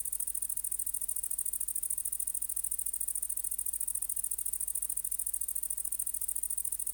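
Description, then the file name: Great green bush-cricket producing a sustained piercing, pulsed sizzle that continues steadily from start to end, a faint low drone in the background. "Tettigonia viridissima"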